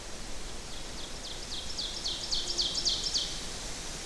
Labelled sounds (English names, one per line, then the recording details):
Ovenbird song
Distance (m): 40 m
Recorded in boreal forest in Alberta, Canada, on 14 June 2016 at 08:15
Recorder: SongMeter 3, array SBT-3-33
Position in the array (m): 107 m, 137 m
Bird 21